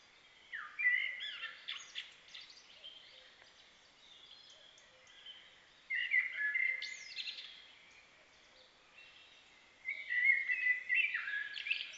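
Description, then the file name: Common blackbird song: three warbled phrases, mellow fluting notes that break into higher twittering at the end, separated by pauses of a few seconds. "Turdus merula"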